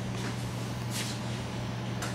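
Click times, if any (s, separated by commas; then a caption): none. A lens retaining clip is being handled at a fluorescent light fixture, ready to be pushed in and given a quarter turn to snap in place. A steady low hum runs under soft shuffling and brushing noises, with brief hissy bursts near 0.2, 1.0 and 2.1 seconds. Nothing has seated or clicked yet.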